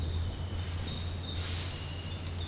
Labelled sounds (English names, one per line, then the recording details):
none
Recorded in dense forest near Puerto Asís, Putumayo, Colombia, on 20 December 2024 at 18:00
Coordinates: 0.481, -76.323
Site G100